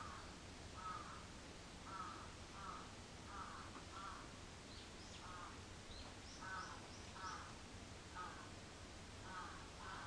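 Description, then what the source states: Crow giving rough caws against background hiss, with thin, high chirps in the middle. Recorded 14 July 2022 at 06:37.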